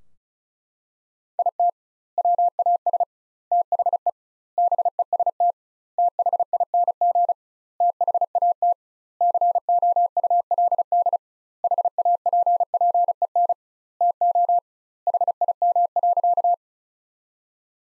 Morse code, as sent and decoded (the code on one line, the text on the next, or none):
.. - / .-- .- ... / - .... . / -... . ... - / - .... .. -. --. / - .... .- - / -.-. --- ..- .-.. -.. / .... .- .--. .--. . -. / - --- / .... .. -- .-.-.-
IT WAS THE BEST THING THAT COULD HAPPEN TO HIM.